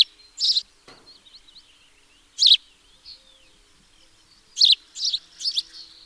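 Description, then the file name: House sparrow giving scattered harsh chirps at irregular intervals, ending in a rapid run of three or four, over soft twittering. "Passer domesticus 151115"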